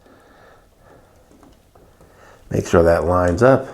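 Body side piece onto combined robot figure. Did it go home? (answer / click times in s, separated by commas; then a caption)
no / none. A plastic body side piece is handled and positioned onto a combined robot toy figure, lined up before being pressed home, with faint handling taps near 1.4 and 1.8 seconds. Someone then talks from about 2.5 seconds. Nothing has snapped into place yet.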